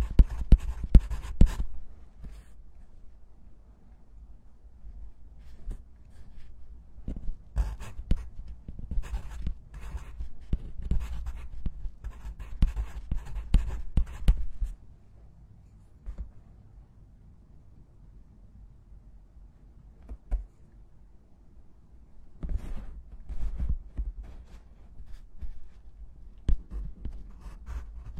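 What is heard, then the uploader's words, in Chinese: Pencil and pen writing on paper, with scratchy strokes in bursts and quick taps, dense early, then pausing near 15 and 20 seconds. 铅笔、钢笔写字声。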